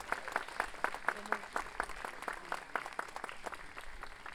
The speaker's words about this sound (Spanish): fuerte aplauso para la orquesta Buchef y su interpretación de la obra Encuentro y Despedida.